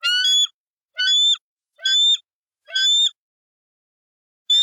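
Bald eagle chirps, four harsh squealing high bursts about one second apart, then a pause before another begins.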